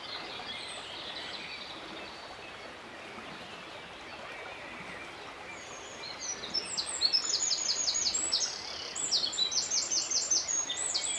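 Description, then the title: Eurasian wren song starting midway: after several seconds of steady background rush, a loud burst of rapid high trills and chattering notes rolls on to the end. Singing vigorously from flood-left branches and stumps on dry gravel banks of a river, marking its territory; Drôme, France; 10 May 2020; Nagra Seven recorder, cardioid MKH40 microphones. "TROGLODYTE EN BORD DE DRÔME"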